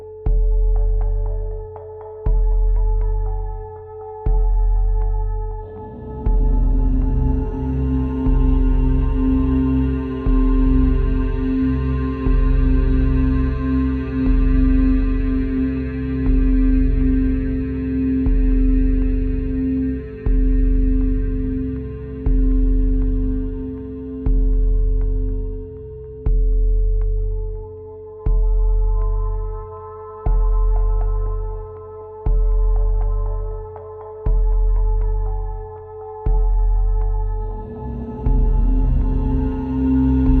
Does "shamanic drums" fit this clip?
yes